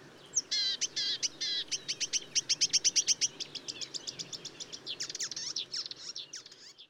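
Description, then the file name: Marsh warbler singing a rapid chattering series of clipped whistles and trills, running into a dense series of repeated notes before breaking into scratchy varied phrases. Recorded at Bonnevaux on 31 May 2009 at 05:35, early morning. "Rousserolle verderolle 0535 25 Bonnevaux"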